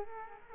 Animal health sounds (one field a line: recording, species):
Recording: mosquito wingbeat signal from an infrared sensor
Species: Culex quinquefasciatus